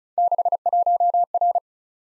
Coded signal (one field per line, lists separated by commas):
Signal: Morse code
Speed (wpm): 36 wpm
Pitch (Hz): 700 Hz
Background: none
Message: 61R